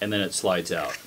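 A pistol is handled at a Blackhawk SERPA plastic retention holster while someone talks over a short, steady stretch with no sharp transients. The pistol has not yet been pushed back home, and nothing has seated or clicked yet.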